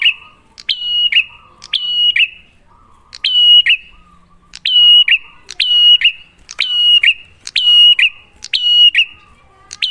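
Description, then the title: Bar-winged prinia singing a series of sharp, high whistled notes, each opening with a click and ending in a quick drop, delivered about once per second. Prenjak lure (pancingan) recording, a duet of Cililin versus Kapas Tembak birds, singing actively (gacor) with a clear voice, to make listeners' own prenjak sing better. "Masteran Duet Cililin Vs Kapas Tembak. Pancingan Prenjak Gacor Suara Jernih"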